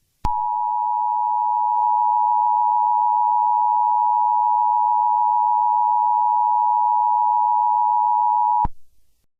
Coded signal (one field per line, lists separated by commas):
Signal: Emergency Alert System (SAME) tones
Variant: 853 and 960 Hz attention tone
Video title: Eas Scenario 020 - The COLDEST Day in The History of the World